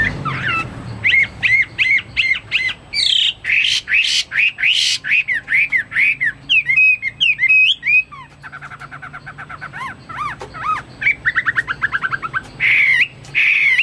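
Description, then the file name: Chinese hwamei delivers a varied, energetic song of slurred whistles, buzzy notes and fast trills, shifting phrase types every few seconds. "omkicau hwamei"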